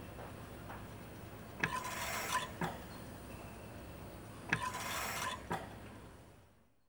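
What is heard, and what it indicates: A hospital ventilator running: each delivered breath is a rush of hissing air, opened and closed by sharp mechanical clicks, over a low steady machine hum.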